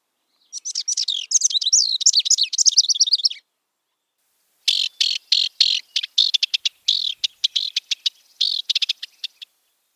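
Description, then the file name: House wren singing a tumbling, jumbled warble, then after a pause a long series of sharp, rapid chattering notes; clean background. "housewren omkicau"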